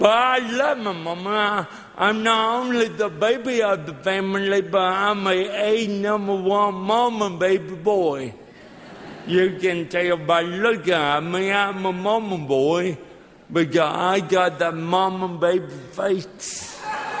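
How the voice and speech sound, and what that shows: Adult male speaker with dysarthria from cerebral palsy present since birth, caused by lack of oxygen to the brain when he was born without breathing for 18 minutes. It also affects his walking. His connected monologue speech is a little tough to understand at first.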